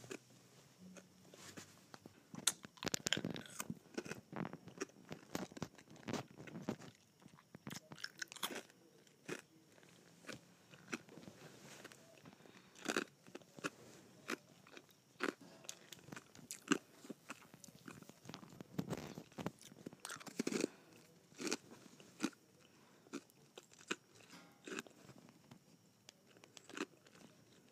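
Ice is bitten and crunched, with sharp cracking snaps scattered densely and irregularly throughout, bunching into rapid bursts around the start, middle and near twenty seconds. Quieter wet sucking and chewing sounds fill the gaps.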